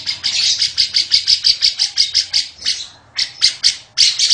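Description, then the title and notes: Lovebird giving rapid high chirps in fast bursts, with a short pause near the end before the chatter resumes. Masteran (tutor audio) for training other birds to sing. "Suara Burung Lovbred Buat Masteran"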